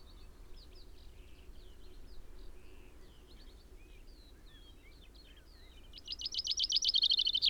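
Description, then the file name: Common chaffinch song opening at the end: loud, rapid repeated notes building into a trill, after several seconds of soft scattered chirps. "Fringilla coelebs"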